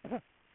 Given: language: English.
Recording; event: throat vibration sensor signal played as sound; cough